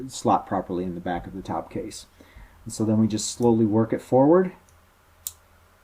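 Someone talks while reassembling an Apple IIe SMK keyswitch, slowly sliding the plastic top case forward onto the switch base. At 5.3 s one of the two plastic side clasps pops into place with a sharp click. The other clasp stays out, leaving a slight gap, so the housing is only partly snapped together.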